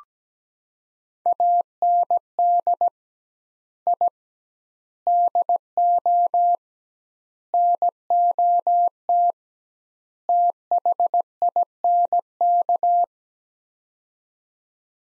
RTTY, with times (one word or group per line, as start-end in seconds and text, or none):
none